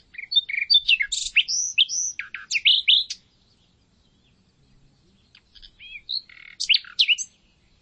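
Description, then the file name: Common nightingale song: a tumbling sequence of sweet slurred whistles and sharp notes, a brief silence, then another varied phrase of whistles and clicks. "Luscinia megarhynchos"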